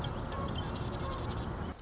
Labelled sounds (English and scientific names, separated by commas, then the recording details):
Marsh Wren (Cistothorus palustris)
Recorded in Sonoma County, California